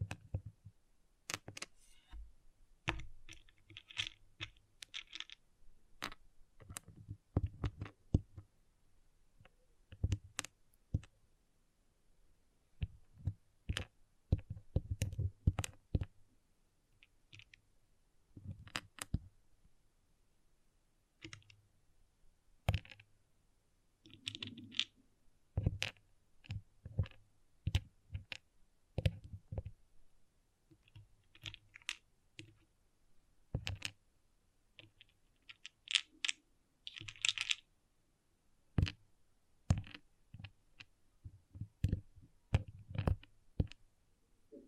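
Small plastic pixel art beads click and tap in a quick, irregular stream for the whole 45 seconds, each hit sharp with a dull thump underneath. A few brief bright rattles stand out near 4, 25 and 37 seconds. Quiet gaps separate the bursts.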